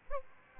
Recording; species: mosquito wingbeat signal from an infrared sensor; Aedes aegypti